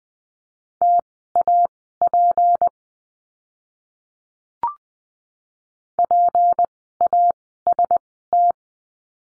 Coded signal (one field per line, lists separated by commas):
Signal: Morse code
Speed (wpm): 20 wpm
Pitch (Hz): 700 Hz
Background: none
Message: TAP PAST